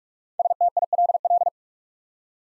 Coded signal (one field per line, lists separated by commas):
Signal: Morse code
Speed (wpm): 44 wpm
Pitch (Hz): 700 Hz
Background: none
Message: STILL